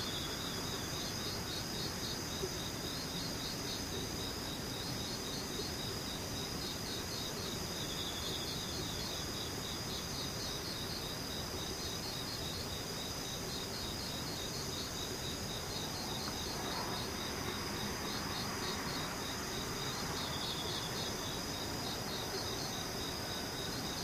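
Insects chirr in steady, rapid pulsed bursts, a bright repeating trill that runs through the whole recording with brief gaps. Beneath it sits a dense, even hiss of outdoor background noise, with a faint passing sound around the sixteen-second mark.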